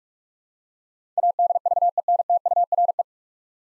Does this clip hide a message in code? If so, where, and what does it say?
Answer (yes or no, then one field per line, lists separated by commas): yes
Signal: Morse code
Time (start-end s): 1.2-3.0 s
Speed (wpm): 42 wpm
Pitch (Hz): 700 Hz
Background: none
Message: ADVENTURE